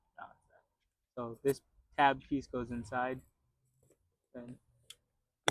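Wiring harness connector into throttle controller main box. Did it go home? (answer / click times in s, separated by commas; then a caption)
yes / 5.5 s. Someone talks while the tab end of a plastic wiring-harness connector is pushed into the main box of a Dahler ATTC throttle controller being installed on a G82 M4 Competition. A short, sharp click at 5.5 s marks the connector latching, and it is seated.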